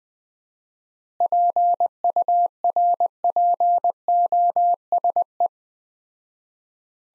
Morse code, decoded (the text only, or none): PURPOSE